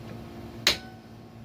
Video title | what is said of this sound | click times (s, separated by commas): Bayou 220 front brake job | You'll hear two noticeable clicks. Just like that. They're in place. | 0.7 s